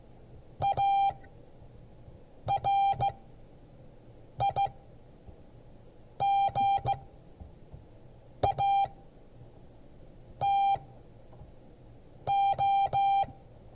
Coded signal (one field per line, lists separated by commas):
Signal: Morse code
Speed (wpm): 15 wpm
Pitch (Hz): 790 Hz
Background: none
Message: ARIGATO